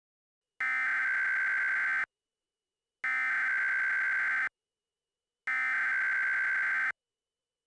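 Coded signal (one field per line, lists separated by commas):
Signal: Emergency Alert System (SAME) tones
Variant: header bursts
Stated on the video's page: Mock astronomical impact EAS alert, simulated, not real.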